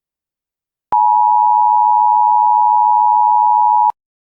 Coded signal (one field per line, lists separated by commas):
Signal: Emergency Alert System (SAME) tones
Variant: 853 and 960 Hz attention tone